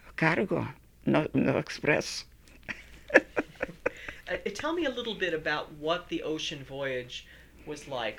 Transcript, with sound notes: Cargo. No express. [Laughs]
Tell me a little bit about what the ocean voyage was like?